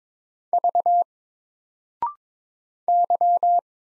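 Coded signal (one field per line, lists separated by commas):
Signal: Morse code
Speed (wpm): 22 wpm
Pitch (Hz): 700 Hz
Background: none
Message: V Y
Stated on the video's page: Morse practice drill of single letters at 22 wpm, each letter sent, spoken after a 0.6-second pause, then sent again.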